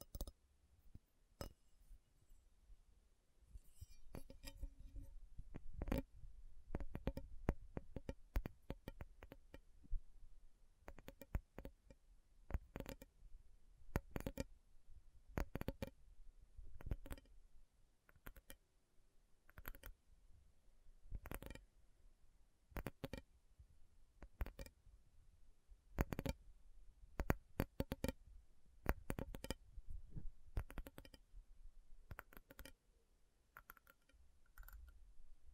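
Slow tapping on metal, sharp clinks arriving one or two at a time with short gaps between them, at an uneven but unhurried pace across the whole stretch. Each tap is bright and brief with a little ring. A low rumble sits underneath.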